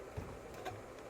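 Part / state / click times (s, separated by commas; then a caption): voltage sense harness connector into hybrid battery module socket / not seated / none. A voltage sense harness connector is handled at its socket on a 2010-2015 Prius hybrid battery module, giving soft, low handling noises with a small bump near 0.2 s and another near 0.7 s over a steady background hum. Nothing has seated or clicked yet; the connector has not gone home.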